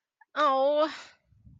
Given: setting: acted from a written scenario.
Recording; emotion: vocal sound without words; disappointment